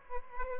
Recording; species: mosquito wingbeat signal from an infrared sensor; Aedes albopictus